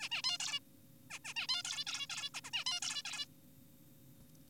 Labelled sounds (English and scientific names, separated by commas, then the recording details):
Zebra Finch (Taeniopygia guttata)
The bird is an adult
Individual g4p5U